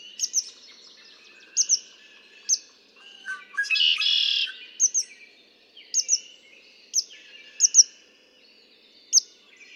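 Red-winged blackbird song, a short run of notes leading into a harsh buzzy trill, surrounded by repeated high sharp paired chips.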